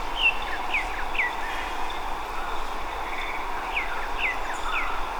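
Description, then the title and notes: Tropical mockingbird song: a run of quick upslurred and downslurred whistles, several in a row, against constant low background noise. Estación de la Sábana, Bogotá, Colombia, October 2024, morning; recorded during a bird inventory with a Zoom H5 recorder; local names Mirla Blanca or Sinsonte. "la Mirla Blanca o Sinsonte (Mimus gilvus) en la Estación de la Sábana, Bogotá, octubre del año 2024"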